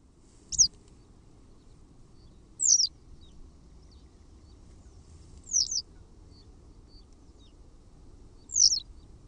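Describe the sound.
Western Yellow Wagtail repeating a sharp, high, descending call four times at irregular intervals of two to three seconds over soft low rumble.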